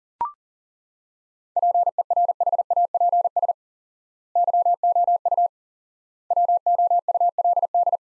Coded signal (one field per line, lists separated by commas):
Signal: Morse code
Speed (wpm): 40 wpm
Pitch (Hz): 700 Hz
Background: none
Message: PERHAPS YOU WOULD